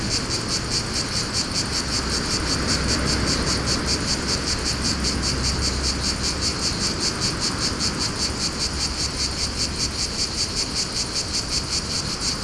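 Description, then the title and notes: Cicadas keep up a regular pulsing drone, about two and a half beats per second, with wind noise and a low traffic hum in the first half. Cicadas in a pine wood at Fontvieille, France, during mistral wind, some traffic; two Shure BG 4.0 microphones, DIY windshield, Tascam DA-P1 DAT recorder, excerpt from CD-R copy. "Fontvieille, France - Mistral et cigales. Le Mistral dans la pinède les cigales et insectes au sol , quelques bruits de circulation"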